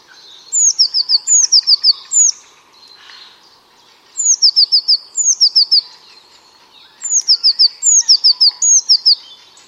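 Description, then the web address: Bird repeating bright high chirp phrases: a sliding note then several quick clipped notes, in three clusters of phrases separated by pauses. "Deverinetal 2025. Bird Only"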